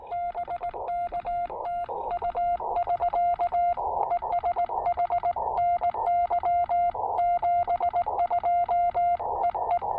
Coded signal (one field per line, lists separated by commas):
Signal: Morse code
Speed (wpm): 18 wpm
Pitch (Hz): 2100 Hz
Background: none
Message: BK TU <SK> ES HNY 72 EE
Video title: New Year's Day POTA: New VK3IL Pressure Paddle, New FT-817/818 Filter, and New TPA-817 Pack Frame!